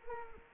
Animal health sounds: mosquito wingbeat signal from an infrared sensor; Culex quinquefasciatus

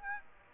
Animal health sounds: mosquito wingbeat signal from an infrared sensor; Aedes aegypti

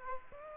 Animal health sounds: mosquito wingbeat signal from an infrared sensor; Aedes aegypti

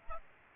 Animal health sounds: mosquito wingbeat signal from an infrared sensor; Aedes aegypti

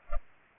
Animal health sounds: mosquito wingbeat signal from an infrared sensor; Culex pipiens

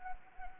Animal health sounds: mosquito wingbeat signal from an infrared sensor; Anopheles arabiensis

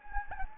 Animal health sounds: mosquito wingbeat signal from an infrared sensor; Anopheles gambiae

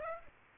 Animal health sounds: mosquito wingbeat signal from an infrared sensor; Aedes aegypti

